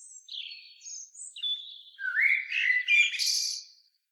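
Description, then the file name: Common blackbird giving a short burst of high thin twitters followed by a rich fluting phrase that rises into a squeaky flourish. "Turdus merula"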